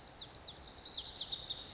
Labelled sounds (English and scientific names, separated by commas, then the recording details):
Lazuli Bunting (Passerina amoena)
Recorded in Sonoma County, California